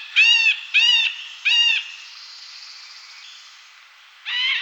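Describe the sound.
Middle Spotted Woodpecker giving three short, nasal, harmonic notes in quick succession, followed by a quieter stretch of faint hiss and a final harsh note.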